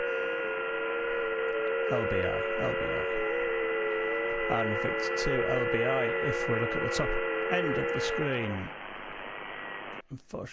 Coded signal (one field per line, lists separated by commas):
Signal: FT8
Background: speech